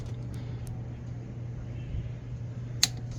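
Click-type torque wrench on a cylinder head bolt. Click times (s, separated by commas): 2.8 s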